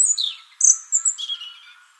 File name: Erithacus rubecula